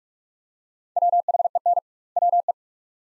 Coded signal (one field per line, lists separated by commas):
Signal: Morse code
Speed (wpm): 46 wpm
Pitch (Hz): 700 Hz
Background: none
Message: WHEN WE